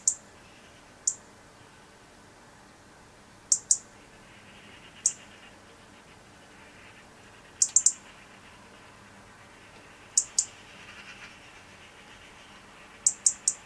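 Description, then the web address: European robin calling with scattered high, clicking ticks, single or in small groups, separated by gaps of one to three seconds in a quiet setting. "SETE Erithacus rubecula"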